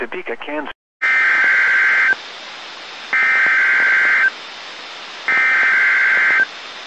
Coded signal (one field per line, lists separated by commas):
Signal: Emergency Alert System (SAME) tones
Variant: header bursts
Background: speech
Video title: EAS Tornado Warning Kansas/Missouri Statewide Tornado Drills NOAA Weather Radio +WeatherSTAR4000